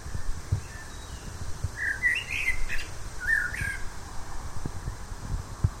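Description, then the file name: Common blackbird song: two brief mellow warbled phrases with faint high twittering tails, set against constant low-pitched background noise. "Turdus merula"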